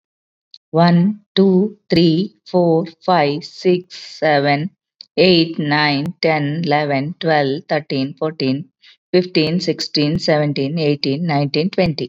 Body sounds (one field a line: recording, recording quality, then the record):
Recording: counting at a normal pace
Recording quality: excellent, no background noise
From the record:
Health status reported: COVID-19 positive, mild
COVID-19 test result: positive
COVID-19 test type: RT-PCR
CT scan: not taken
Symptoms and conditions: cold, sore throat, fever, fatigue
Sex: female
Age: 51 years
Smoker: no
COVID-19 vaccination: both doses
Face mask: not worn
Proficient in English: yes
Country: India